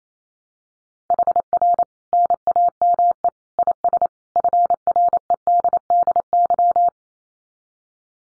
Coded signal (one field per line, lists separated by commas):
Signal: Morse code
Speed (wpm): 28 wpm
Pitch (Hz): 700 Hz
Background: none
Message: HR NAME IS FREDDY